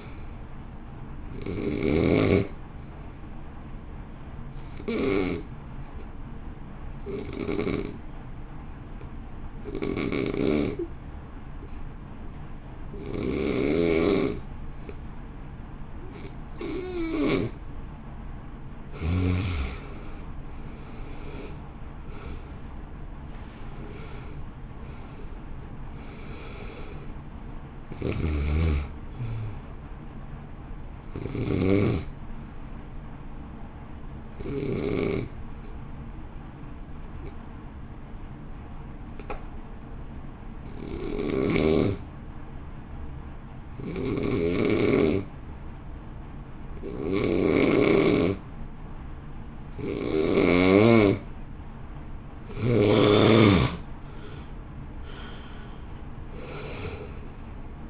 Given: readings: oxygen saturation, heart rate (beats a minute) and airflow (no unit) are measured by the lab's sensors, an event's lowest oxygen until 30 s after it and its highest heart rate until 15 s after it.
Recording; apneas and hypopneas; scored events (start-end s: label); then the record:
breathing in sleep by a smartphone at the bedside; 2
3.00-19.70 s: hypopnea (N1, oxygen 91% highest, then 81% lowest, heart rate 60 at the start, 65 highest)
35.00-53.50 s: hypopnea (N1, oxygen 93% highest, then 79% lowest, heart rate 53 at the start, 64 highest)
47.00-57.90 s: new sleep stage, N2 (light sleep)
From the record:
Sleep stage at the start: N1 (lightest sleep); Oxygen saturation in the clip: 80 to 93%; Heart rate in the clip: 50 to 65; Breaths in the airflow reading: 17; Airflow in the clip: -3.1 to 2.3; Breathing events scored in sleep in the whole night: 328 in 6.3 hours asleep